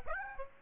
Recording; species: mosquito wingbeat signal from an infrared sensor; Aedes aegypti